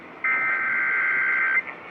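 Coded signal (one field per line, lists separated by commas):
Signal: Emergency Alert System (SAME) tones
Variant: header bursts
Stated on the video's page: Real EAS alerts received over a span of weeks.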